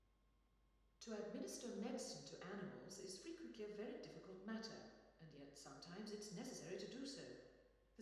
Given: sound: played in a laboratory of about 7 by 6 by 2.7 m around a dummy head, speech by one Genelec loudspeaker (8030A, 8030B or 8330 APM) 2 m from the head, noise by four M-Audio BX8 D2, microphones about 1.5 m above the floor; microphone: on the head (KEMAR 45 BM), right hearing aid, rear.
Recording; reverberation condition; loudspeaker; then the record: female speech in English; high; 120 degrees to the right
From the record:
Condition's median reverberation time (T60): about 1300 ms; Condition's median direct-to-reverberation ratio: about -4.0 dB